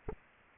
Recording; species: mosquito wingbeat signal from an infrared sensor; Aedes aegypti